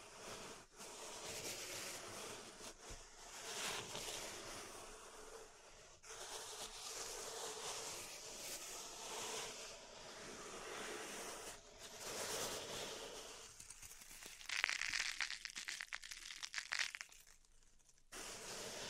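Pink salt in a zen garden gives a steady granular scratching and hiss, with short gaps, turning denser and crackly around fifteen seconds.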